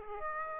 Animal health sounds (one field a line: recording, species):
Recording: mosquito wingbeat signal from an infrared sensor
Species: Aedes aegypti